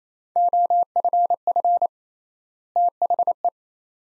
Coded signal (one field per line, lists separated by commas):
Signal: Morse code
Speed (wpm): 28 wpm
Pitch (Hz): 700 Hz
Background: none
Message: OFF THE